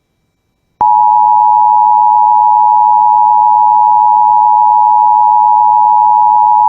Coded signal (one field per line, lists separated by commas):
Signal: Emergency Alert System (SAME) tones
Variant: 853 and 960 Hz attention tone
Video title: IP Radio Captures From March 2021 EAS#141-142